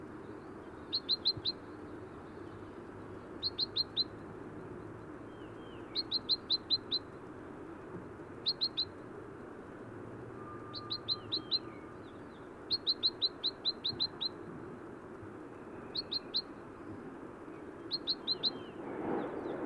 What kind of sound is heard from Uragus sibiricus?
call